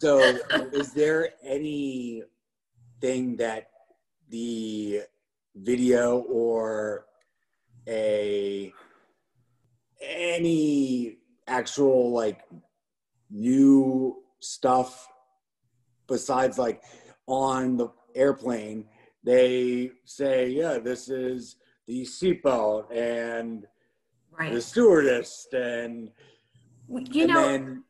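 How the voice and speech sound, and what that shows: Halting adult male speech with long pauses, drawn-out fillers and fragmented phrases, typical of aphasia after brain injury, from a man working to get better at talking with aphasia.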